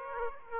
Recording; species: mosquito wingbeat signal from an infrared sensor; Aedes aegypti